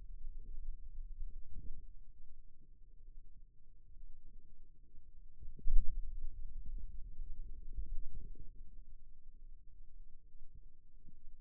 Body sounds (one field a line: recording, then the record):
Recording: forearm muscle sounds (acoustic myography)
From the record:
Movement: pen grasping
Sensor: system 2, bracelet of six BSWA MPA416 microphones around the upper forearm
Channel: 1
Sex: male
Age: 22 years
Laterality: right